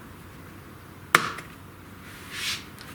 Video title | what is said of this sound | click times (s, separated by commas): How To replace the hard drive in a laptop computer in 10 languages + Ukrainian | Hear it popping off. | 1.1 s